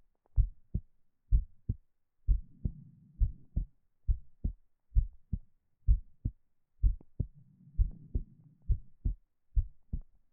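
Steady, soft double thumps, a lub-dub pair repeating about 63 times a minute in an even rhythm, a 'tokun-tokun' heartbeat. A faint low whooshing rustle comes and goes in the background. It is a calm heartbeat, a sound that oddly makes the listener sleepy, played to help them fall asleep.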